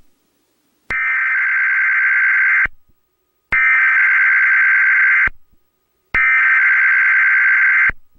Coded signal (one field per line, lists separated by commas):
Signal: Emergency Alert System (SAME) tones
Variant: header bursts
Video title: (EAS Archive!) Emergency Alert System California Tsunami Warning March 11, 2011